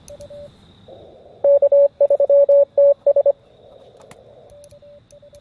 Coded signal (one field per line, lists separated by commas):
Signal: Morse code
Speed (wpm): 25 wpm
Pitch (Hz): 560 Hz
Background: none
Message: K3TS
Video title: Working the NY QSO Party With My QRP Portable Setup.